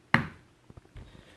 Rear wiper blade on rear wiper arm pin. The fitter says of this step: should hear a pop or feel a pop once you feel the pop push the wiper